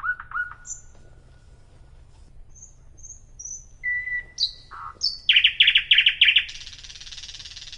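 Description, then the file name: Nightingale song: a few clear notes, a long flat whistle, high pure pips, then a fast loud series of repeated harsh notes ending in a buzzy rattle. "Pesnya solovya"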